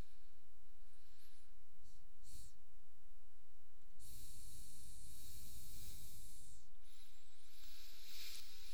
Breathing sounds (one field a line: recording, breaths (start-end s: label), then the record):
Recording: nose breathing near a microphone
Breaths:
0.00-2.14 s: inhalation
3.84-6.79 s: exhalation
6.79-8.74 s: inhalation
From the record:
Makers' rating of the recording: medium